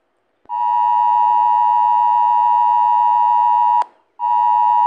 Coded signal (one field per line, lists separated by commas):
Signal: Emergency Alert System (SAME) tones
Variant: 853 and 960 Hz attention tone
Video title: rating eas alarms!